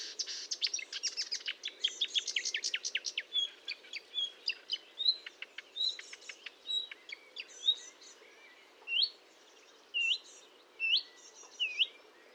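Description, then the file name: Marsh warbler song, rapid rattling chatter at first, then separate notes and loud rising whistled calls about once a second. Recorded at Fontaine-Française (Fourneau), France, on 1 June 2022 at 10:55, using a Nagra recorder with a Telinga parabolic microphone. "Rousserolle verderolle 20220601 1055 Fontaine-Francaise-Fourneau-Nagra-Telinga"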